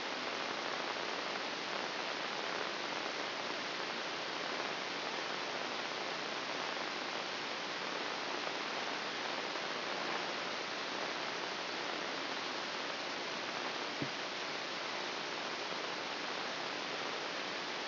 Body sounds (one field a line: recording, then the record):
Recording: brain microelectrode recording played as sound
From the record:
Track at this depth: inside the subthalamic nucleus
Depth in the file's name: 3.911 mm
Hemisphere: left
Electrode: 2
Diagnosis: Parkinson's disease